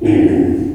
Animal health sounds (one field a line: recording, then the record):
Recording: squeal of a Yucatan mini pig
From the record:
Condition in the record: before surgery on the right vocal fold (resection and tissue-engineered implant)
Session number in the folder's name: 1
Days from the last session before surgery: -21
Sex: female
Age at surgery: 19 weeks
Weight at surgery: 25 kg